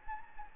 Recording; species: mosquito wingbeat signal from an infrared sensor; Anopheles gambiae